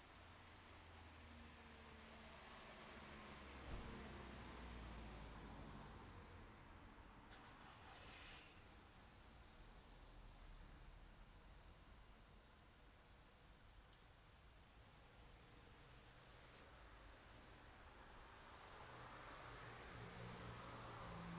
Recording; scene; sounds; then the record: everyday scene through a hearing-aid microphone; in traffic; traffic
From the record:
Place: city secondary road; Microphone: in the ear canal, left